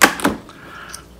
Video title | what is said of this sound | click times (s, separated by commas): Prepdeck - Unboxing | attach it to the bottom of this you hear that clicks and | 0.0 s